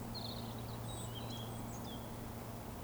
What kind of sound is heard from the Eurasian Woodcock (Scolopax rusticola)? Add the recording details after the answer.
whistle. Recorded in Baden-Württemberg, Germany, on 11 June 2020 at 19:40 UTC. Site 14569, 102 m above sea level